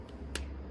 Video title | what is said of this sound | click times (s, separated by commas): Video review of Transformers Studio Series 86-31 Optimus Prime. | snap that into place. It just locks right into place right there. | 0.3 s